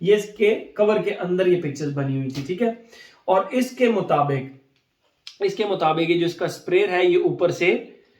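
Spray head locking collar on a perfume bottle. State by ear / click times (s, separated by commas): not seated / none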